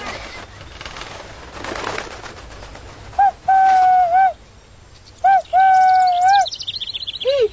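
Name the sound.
owl call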